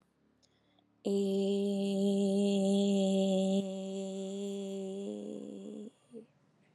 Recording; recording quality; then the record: sustained vowel as in made; excellent, no background noise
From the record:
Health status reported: COVID-19 positive, moderate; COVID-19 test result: positive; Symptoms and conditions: cough, cold, fever, fatigue, muscle pain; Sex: female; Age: 49 years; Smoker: not ticked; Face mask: not worn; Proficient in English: yes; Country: India